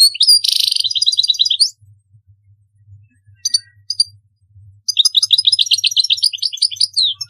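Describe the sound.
European goldfinch singing a jumbled, tinkling twitter with a harsh buzzy note near the start, a brief pause with a few thin notes, then a long lively phrase.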